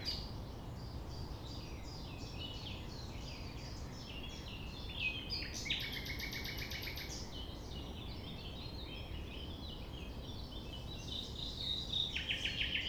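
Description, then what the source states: Common nightingale song of rapid repeated notes, with a loud harsh buzzy burst midway, over constant low background noise. Recorded at 6 a.m. at sunrise near the Thève river at Champ de Ménage; the nightingale sings without waiting for silence.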